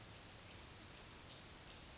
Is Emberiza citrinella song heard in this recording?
no